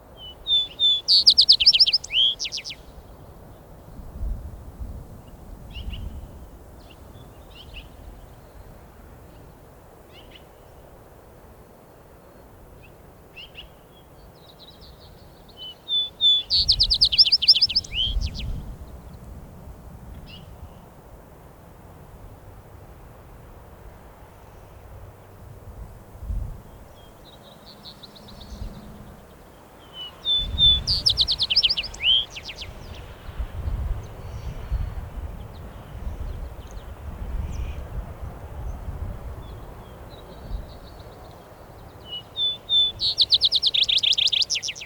Vesper Sparrow song recorded in Upper Beaver Meadows in Rocky Mountain National Park.